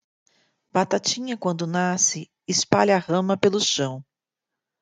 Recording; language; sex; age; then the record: short text; Brazilian Portuguese; female; 40 to 49 years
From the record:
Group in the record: control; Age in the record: 46 years